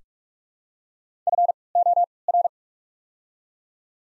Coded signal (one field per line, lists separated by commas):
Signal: Morse code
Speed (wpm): 41 wpm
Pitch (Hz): 700 Hz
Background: none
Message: FOR